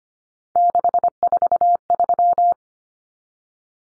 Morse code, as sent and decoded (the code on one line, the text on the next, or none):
-.... ....- ...--
643